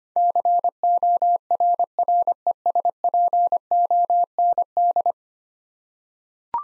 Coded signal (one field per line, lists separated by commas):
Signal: Morse code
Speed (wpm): 25 wpm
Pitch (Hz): 700 Hz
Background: none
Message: CORRESPOND